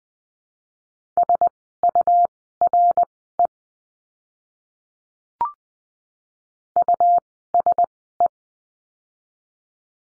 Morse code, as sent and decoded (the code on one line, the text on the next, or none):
... ..- .-. . / ..- ... .
SURE USE